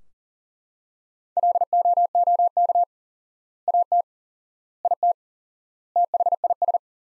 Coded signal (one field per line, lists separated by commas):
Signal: Morse code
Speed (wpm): 40 wpm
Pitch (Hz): 700 Hz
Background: none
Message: LOOK AT IT THIS